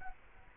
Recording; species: mosquito wingbeat signal from an infrared sensor; Culex quinquefasciatus